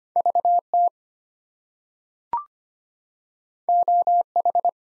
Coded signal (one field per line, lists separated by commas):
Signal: Morse code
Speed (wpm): 25 wpm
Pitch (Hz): 700 Hz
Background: none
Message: VT OH